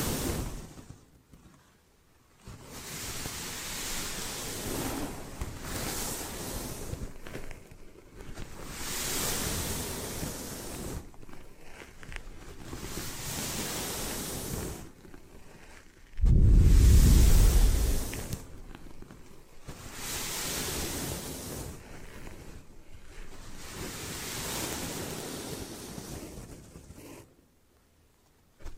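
Hair washing and brushing, heard as repeated rushing, hissy strokes that swell and fade every few seconds with short quiet gaps between. Around the middle, a loud, low thump or rumble cuts in for about a second before the strokes resume.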